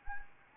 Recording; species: mosquito wingbeat signal from an infrared sensor; Anopheles arabiensis